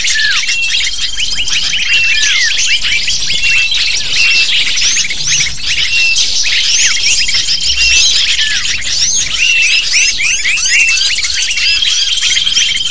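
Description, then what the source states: Dense lovebird chatter throughout, crowded high chirps and curled squeaks overlapping, with faint steady whistled tones in the background. Calls used as a lure (pikat) to attract lovebirds.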